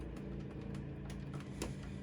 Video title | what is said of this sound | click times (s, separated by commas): Picking Up RAM Sticks For My RIG!! - 16gb to 32gb of VRAM!! - Rebuilding MY RIG EP. 004 #vrstl #rig | Yan, malalaman nyo naman na okay na siya kapag nag-lock na siya. | 1.3 s, 1.4 s, 1.6 s